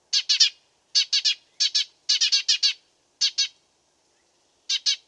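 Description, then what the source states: Dead Sea sparrow chirping in short clusters of sharp, bright notes, with short pauses between bursts; no other sounds. Tutor track for training songbirds (masteran).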